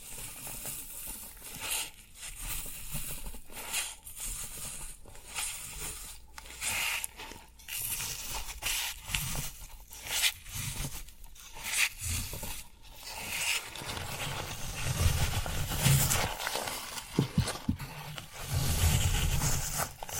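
Floral foam is scraped and crumbled in rapid, crackly bursts separated by brief pauses, growing denser and more continuous toward the end.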